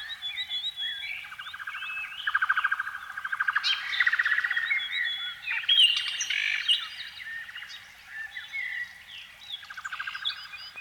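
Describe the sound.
Canary song alternating buzzy rolling trills with bright whistled notes and chirps, phrases changing every second or two.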